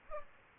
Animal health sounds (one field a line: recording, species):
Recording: mosquito wingbeat signal from an infrared sensor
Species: Aedes aegypti